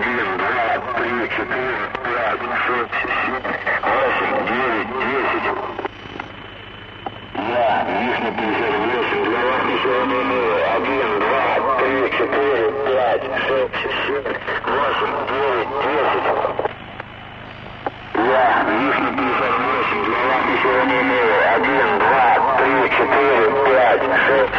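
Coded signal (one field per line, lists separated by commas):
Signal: numbers station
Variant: 1-10 Announcement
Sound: a voice reading digits through heavy shortwave static and distortion, with two short pauses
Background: radio static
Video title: The Conet Project 408 - 1-10 Announcement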